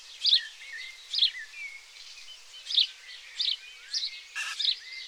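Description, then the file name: House sparrow giving sharp chirps at irregular intervals, some paired, amid faint twittering and a brief rustling burst near the end. "Passer domesticus"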